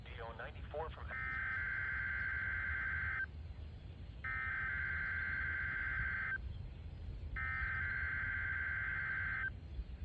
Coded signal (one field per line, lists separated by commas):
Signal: Emergency Alert System (SAME) tones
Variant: header bursts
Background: speech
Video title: Wadsworth OH | Whelen WPS4004 | 4x test, 3 minute wail, 4x tornado warning, 4x test + NWS EAS tones